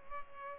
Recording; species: mosquito wingbeat signal from an infrared sensor; Culex pipiens